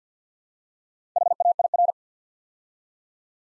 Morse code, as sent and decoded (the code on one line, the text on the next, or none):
.... .- .. .-.
HAIR